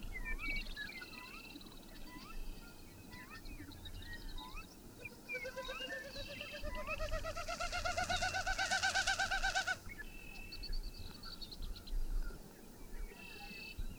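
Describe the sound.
Bird song with assorted short chirps, then a rapid run of repeated notes growing louder for several seconds before softer chirps return over a low background hum.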